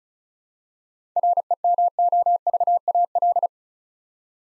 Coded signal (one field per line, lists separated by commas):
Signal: Morse code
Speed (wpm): 36 wpm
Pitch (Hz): 700 Hz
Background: none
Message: REMOVAL